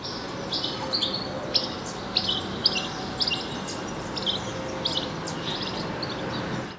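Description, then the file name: European goldfinch: a scattering of high, short tinkling notes and twittering chirps throughout, over a steady background rumble of noise. "Carduelis carduelis"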